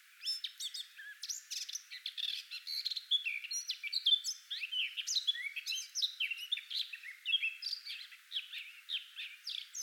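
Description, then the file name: Eurasian blackcap song, a dense, rapid warble of varied scratchy and clear high notes running continuously with brief pauses. "Sylvia atricapilla"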